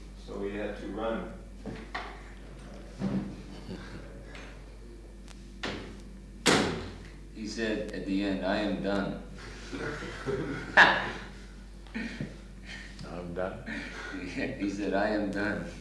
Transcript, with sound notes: So he had to run.
He said at the end, "I am done." [laughs]
I am done?
Yeah, he said, "I am done."